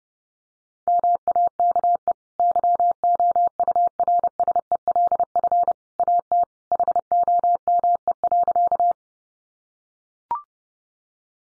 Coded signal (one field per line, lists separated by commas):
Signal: Morse code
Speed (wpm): 30 wpm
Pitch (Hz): 700 Hz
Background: none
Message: MAKE YOURSELF AT HOME.